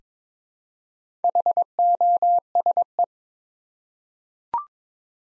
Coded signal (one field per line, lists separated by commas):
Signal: Morse code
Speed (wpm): 22 wpm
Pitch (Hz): 700 Hz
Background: none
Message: HOSE